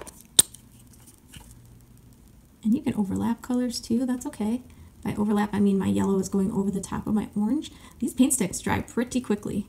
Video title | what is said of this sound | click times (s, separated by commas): Paint Sticks Spaceship | just like i said before put the cap on and listen for the click and | 0.4 s